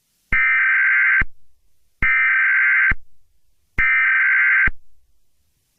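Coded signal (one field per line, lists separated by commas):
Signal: Emergency Alert System (SAME) tones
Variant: header bursts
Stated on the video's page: Simulated EAS scenario, not a real alert.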